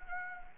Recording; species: mosquito wingbeat signal from an infrared sensor; Anopheles arabiensis